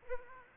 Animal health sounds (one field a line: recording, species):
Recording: mosquito wingbeat signal from an infrared sensor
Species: Aedes aegypti